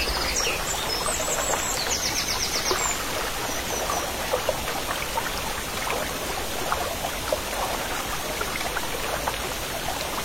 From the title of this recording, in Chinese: 小溪潺潺流水